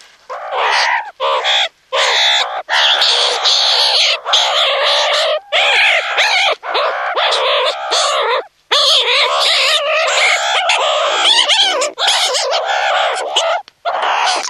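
Meerkat calls pour out almost continuously, raspy harmonic chirps and squeals with only a few short breaks.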